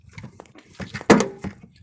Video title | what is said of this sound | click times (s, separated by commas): 2002 Jeep WJ Grand Cherokee Tail Light Replacement | en het valt op zijn plaats zoals je kunt horen | 1.1 s